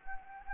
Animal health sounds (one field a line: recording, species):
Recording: mosquito wingbeat signal from an infrared sensor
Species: Anopheles gambiae